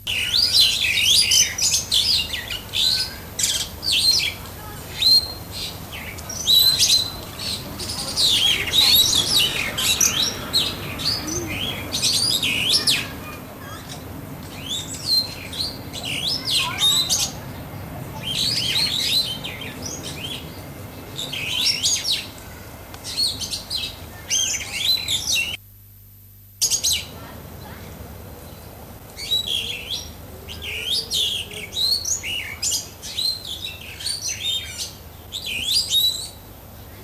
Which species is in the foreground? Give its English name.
Superb Starling